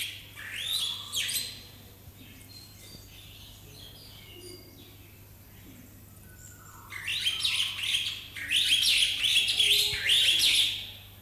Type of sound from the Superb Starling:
song